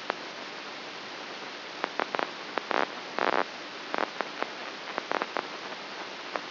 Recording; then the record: brain microelectrode recording played as sound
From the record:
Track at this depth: inside the subthalamic nucleus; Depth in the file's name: 3.04 mm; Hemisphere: right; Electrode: 2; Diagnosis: Parkinson's disease